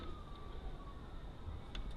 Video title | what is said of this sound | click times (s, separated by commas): KTM 690 Enduro R Forks Harsh? They may be binding! | a click there's | 1.8 s